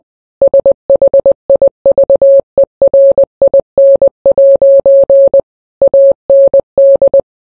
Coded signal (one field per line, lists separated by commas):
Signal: Morse code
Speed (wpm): 20 wpm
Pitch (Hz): 550 Hz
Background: none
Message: SHIVERIN' AND